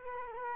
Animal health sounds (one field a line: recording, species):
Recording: mosquito wingbeat signal from an infrared sensor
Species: Culex quinquefasciatus